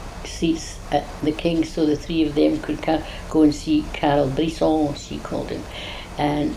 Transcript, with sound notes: seats at the Kings so the three of them could go and see Carl Briss-ong, [said in French accent] she called him. Erm.